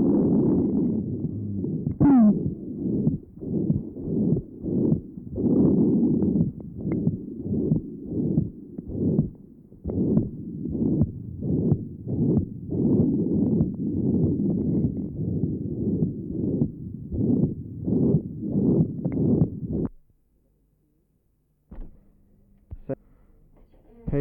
Ventricular septal defect, recording taken at pulmonary area. Note the wide splitting of the second sound.